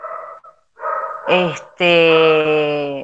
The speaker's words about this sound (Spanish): Ese es mi perrito, ¿se escucha?